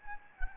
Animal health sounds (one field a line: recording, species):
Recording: mosquito wingbeat signal from an infrared sensor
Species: Anopheles gambiae